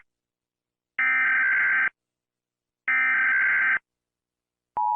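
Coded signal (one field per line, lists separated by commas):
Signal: Emergency Alert System (SAME) tones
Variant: header bursts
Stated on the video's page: Fictional EAS scenario, not a real alert.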